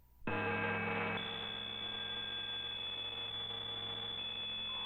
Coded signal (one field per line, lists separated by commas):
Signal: PSK63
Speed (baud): 62.5 baud